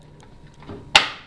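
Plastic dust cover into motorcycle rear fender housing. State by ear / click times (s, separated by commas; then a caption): seated / 1.0 s. A plastic dust cover on a motorcycle's rear light bar area has its two top tabs lined up and is pushed into the rear fender housing. Faint handling noises lead up to one sharp, loud snap at 1.0 s as the bottom clicks in. The dust cover is seated in place.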